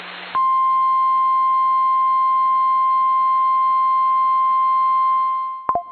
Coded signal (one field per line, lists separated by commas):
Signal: Emergency Alert System (SAME) tones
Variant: 1050 Hz attention tone